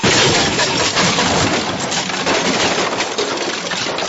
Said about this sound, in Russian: Да какую-то кастрюлю случайно задели.